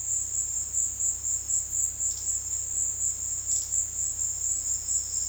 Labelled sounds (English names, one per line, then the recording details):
none
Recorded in dense forest near Puerto Asís, Putumayo, Colombia, on 20 February 2024 at 17:00
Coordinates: 0.485, -76.322
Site G6406